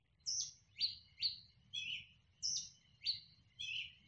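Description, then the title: Birds chirping, a series of sharp high chirps and short descending whistles roughly every half second, some notes slurred downward, over a faint low rumble. Soundscape of birds. "Pájaros"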